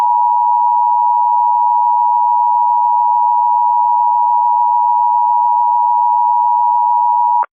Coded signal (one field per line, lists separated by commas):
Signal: Emergency Alert System (SAME) tones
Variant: 853 and 960 Hz attention tone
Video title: EAS Scenario - Long Valley Eruption Remastered